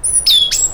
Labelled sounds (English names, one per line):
Stitchbird song